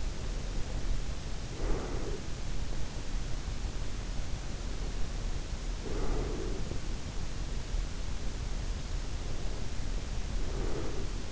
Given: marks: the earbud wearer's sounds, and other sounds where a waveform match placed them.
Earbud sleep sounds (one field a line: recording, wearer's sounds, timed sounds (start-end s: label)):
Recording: sounds in sleep by an in-ear microphone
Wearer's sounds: breath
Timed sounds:
0.00-2.27 s: breath
4.62-6.80 s: breath
9.31-11.32 s: breath